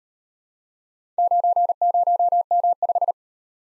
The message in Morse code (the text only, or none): 90M5